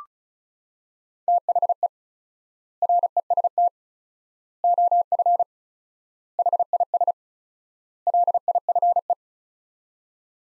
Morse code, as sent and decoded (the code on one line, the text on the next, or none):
- .... . / .-. . ... - / --- ..-. / .... .. ... / .-.. .. ..-. .
THE REST OF HIS LIFE